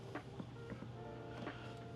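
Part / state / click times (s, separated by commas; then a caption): intake pipe pins into an air filter assembly / not seated / none. The pins of an intake pipe are handled into their slots on the air filter assembly of a Macan 2.0L high-flow intake system. Faint plastic handling knocks come at about 0.4 s and 0.7 s over a steady low hum. Nothing has seated or clicked into place yet.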